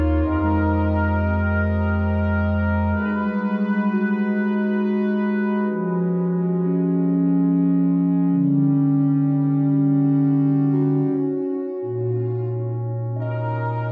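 Sustained brass chords, held steadily and shifting to a new chord roughly every three seconds, near 3, 6, 8.5 and 12 seconds. A low bass voice sits under bright upper parts, and the volume stays even throughout with no other sounds.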